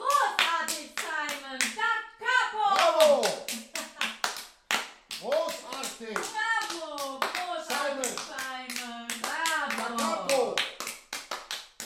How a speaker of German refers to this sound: Komm! Bravo! Gut gesungen. Alle klatschten.